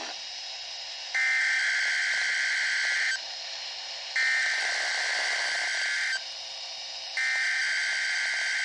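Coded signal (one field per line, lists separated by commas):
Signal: Emergency Alert System (SAME) tones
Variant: header bursts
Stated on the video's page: Required weekly test from weather radio station KEC55, received on Midland HH54VP and WR400 radios with clear reception.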